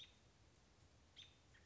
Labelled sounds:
American Robin (Turdus migratorius)
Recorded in Sonoma County, California

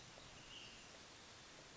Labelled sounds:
Ash-throated Flycatcher (Myiarchus cinerascens)
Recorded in Sonoma County, California

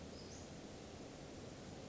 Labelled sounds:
Western Flycatcher (Empidonax difficilis)
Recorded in Sonoma County, California

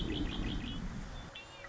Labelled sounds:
Red-winged Blackbird (Agelaius phoeniceus)
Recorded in Sonoma County, California

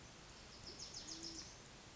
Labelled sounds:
Band-tailed Pigeon (Patagioenas fasciata)
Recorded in Sonoma County, California

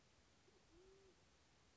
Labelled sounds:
Band-tailed Pigeon (Patagioenas fasciata)
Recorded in Sonoma County, California

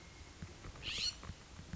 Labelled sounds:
California Scrub-Jay (Aphelocoma californica)
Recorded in Sonoma County, California

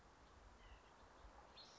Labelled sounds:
White-breasted Nuthatch (Sitta carolinensis)
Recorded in Sonoma County, California

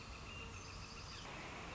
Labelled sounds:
Northern Flicker (Colaptes auratus)
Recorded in Sonoma County, California

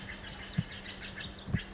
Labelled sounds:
Pacific Wren (Troglodytes pacificus)
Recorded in Sonoma County, California

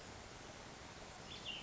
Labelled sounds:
Cassin's Vireo (Vireo cassinii)
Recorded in Sonoma County, California

